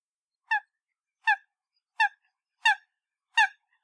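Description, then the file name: Coot calling with five short, emphatic notes spaced roughly every three quarters of a second, nothing else audible. "Coot Bird"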